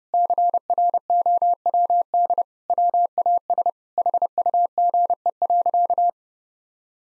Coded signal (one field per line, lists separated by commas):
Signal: Morse code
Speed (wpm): 30 wpm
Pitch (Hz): 700 Hz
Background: none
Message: CROWD WAS HUGE.